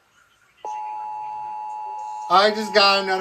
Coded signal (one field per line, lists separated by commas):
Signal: Emergency Alert System (SAME) tones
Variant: 853 and 960 Hz attention tone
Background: speech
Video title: MARGINAL INSANITY 9: ENSO TERROR - EAS Alerts From 3/9/25 - 3/10/25 (EAS #3409-3430)